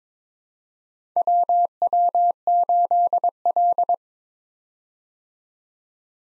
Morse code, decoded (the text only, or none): WW8L